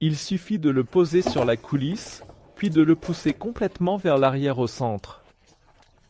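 A GRASS Nova Pro Scala drawer is being handled onto its slide runner in a cabinet, to be set on the runner and pushed fully back at the centre. Someone talks for most of the clip, and the sound then fades to near silence. Nothing has seated or clicked yet.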